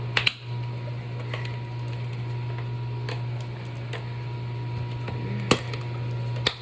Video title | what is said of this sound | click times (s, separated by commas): YouTube family, let’s talk while I meal prep! #monetized #influencer #growth #youtube #mealprep | I like to hear that click, click, click, click. | 0.2 s, 0.3 s, 5.5 s, 6.5 s